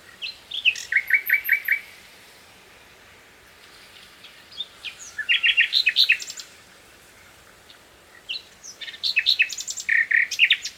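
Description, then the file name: Common nightingale song in loud separated phrases, each a fast series of repeated chopped notes, coming in bursts every few seconds with quiet gaps between. "Luscinia megarhynchos"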